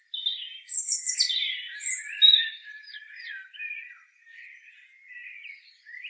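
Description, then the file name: European robin song: a bright high whistle followed by tumbling warbled and trilled notes that fade into softer twittering. "Erithacus rubecula"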